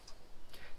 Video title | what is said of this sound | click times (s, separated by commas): Replacing the Lower Burr Felt Washer on Breville Smart Grinder Pro / Sage Smart Grinder Pro | that's locked in place | 0.1 s